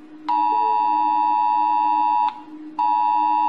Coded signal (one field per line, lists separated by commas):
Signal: Emergency Alert System (SAME) tones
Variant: 853 and 960 Hz attention tone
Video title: rating national eas sounds by how terrifying they are because it's quality & original content